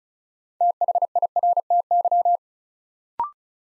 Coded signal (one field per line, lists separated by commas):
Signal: Morse code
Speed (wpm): 36 wpm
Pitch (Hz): 700 Hz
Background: none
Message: THIRTY